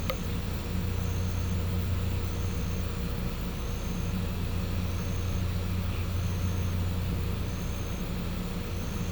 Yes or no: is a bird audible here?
no